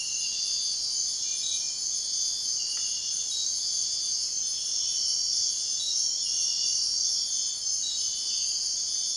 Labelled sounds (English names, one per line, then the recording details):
none
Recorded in dense forest near Puerto Asís, Putumayo, Colombia, on 21 March 2025 at 04:00
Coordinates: 0.499, -76.324
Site GP03